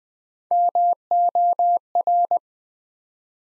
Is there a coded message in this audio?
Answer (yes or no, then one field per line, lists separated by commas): yes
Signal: Morse code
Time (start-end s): 0.5-2.4 s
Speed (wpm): 20 wpm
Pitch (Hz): 700 Hz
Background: none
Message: MOR